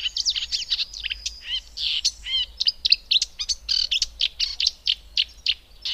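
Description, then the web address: Marsh warbler song, a dense, rapid stream of varied chirps, twangy slurs and clicking notes, delivered almost without pause. "agykontroll Madardalok Cd 2. Énekes nádiposzáta"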